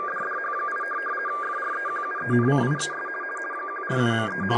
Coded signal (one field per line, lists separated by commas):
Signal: RTTY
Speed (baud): 50 baud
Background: speech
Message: DDH8 FREQUENCIES 147.3